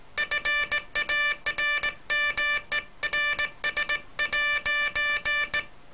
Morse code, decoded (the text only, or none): FARMERS'